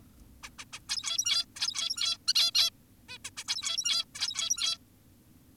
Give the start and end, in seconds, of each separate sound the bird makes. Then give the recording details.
0.43-0.50, 0.59-0.65, 0.73-0.80, 0.89-1.46, 1.56-2.18, 2.28-2.34, 2.35-2.51, 2.54-2.70, 3.09-3.18, 3.25-3.30, 3.37-3.44, 3.48-4.05, 4.15-4.78. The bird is an adult. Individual g17y2U